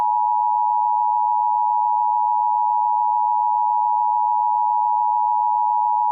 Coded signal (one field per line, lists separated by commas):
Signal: Emergency Alert System (SAME) tones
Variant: 853 and 960 Hz attention tone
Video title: EAS Reenactment Mock: Tornado Warning for Duval County, TX (w/ IPAWS) - 05/26/2020